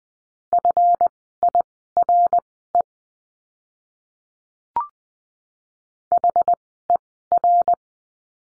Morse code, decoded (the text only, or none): FIRE HER